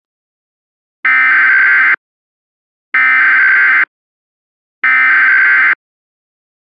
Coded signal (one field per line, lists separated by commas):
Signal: Emergency Alert System (SAME) tones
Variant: header bursts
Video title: "ATTACK OF THE TURKEYS" [INVASION EAS SCENARIO]